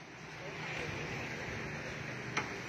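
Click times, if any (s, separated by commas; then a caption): 2.4 s. A wiring connector is pushed into its socket on a Yamaha scooter's wiring, with a steady broadband background noise throughout. A single short, sharp click sounds at 2.4 s, but the connector has not gone in all the way: it is not fully seated, leaves a gap, and its end is loose and tilted.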